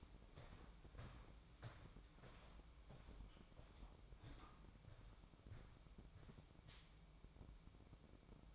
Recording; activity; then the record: daily activity, microphone in the room; walk to room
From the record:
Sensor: 1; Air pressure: 1008.2 hPa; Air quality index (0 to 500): 139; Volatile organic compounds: 2 ppm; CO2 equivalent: 1170 ppm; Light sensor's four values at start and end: 9/23/9/10 and 9/22/9/10